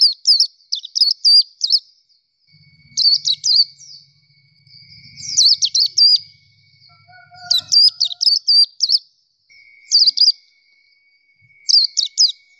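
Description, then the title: Nightingale song: a run of short, fast, high-pitched trilled phrases repeated with brief pauses, with a low rumble and a faint steady tone behind. Training recording of song played to teach kept songbirds to sing. "nightingale masteran"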